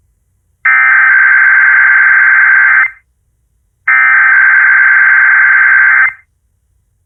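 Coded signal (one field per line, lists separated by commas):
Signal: Emergency Alert System (SAME) tones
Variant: header bursts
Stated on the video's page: Routine weekly Monday Emergency Alert System tests.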